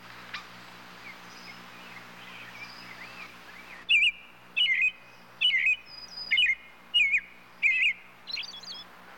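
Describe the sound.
Robin giving about seven brief, warbling chirped notes, one roughly every two-thirds of a second, with a constant low hum underneath.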